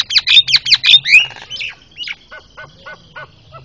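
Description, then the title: Javan myna with rapid loud squawking notes at the start, then quieter spaced chattering calls trailing off, low hum in the background. Very noisy calling, a master sound used for training cage birds. "Jalak Kebo Master Suara Super Berisik Buat Masteran"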